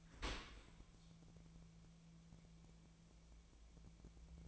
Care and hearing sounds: daily activity, microphone in the room; open dishwasher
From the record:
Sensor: 1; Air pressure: 1000.5 hPa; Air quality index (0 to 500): 182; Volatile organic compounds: 4 ppm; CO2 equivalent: 1677 ppm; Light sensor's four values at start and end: 10/25/10/12 and 10/25/10/12

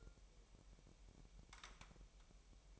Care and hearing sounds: daily activity, microphone in the room; take from stove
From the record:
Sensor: 1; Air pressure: 1002.0 hPa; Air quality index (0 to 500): 247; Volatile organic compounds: 51 ppm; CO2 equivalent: 3312 ppm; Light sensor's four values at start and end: 5/13/5/6 and 5/13/5/6

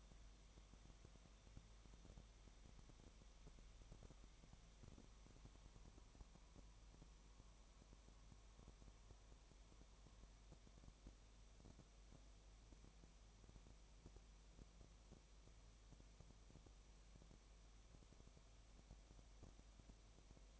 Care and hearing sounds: daily activity, microphone in the room; no activity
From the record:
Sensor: 1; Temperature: 19.7 degrees Celsius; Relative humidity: 37.0%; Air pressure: 1007.2 hPa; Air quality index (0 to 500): 144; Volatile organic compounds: 5 ppm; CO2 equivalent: 1755 ppm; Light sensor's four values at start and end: 1/2/1/1 and 1/2/1/1

